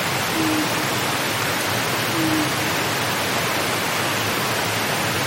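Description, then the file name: Japanese night heron, two deep soft hoots nearly two seconds apart, then only a continuous hissing background. "mizogoi"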